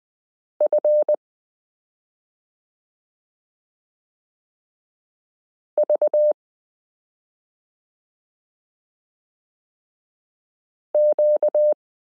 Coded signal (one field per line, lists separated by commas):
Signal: Morse code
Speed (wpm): 20 wpm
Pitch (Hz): 600 Hz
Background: none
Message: F V Q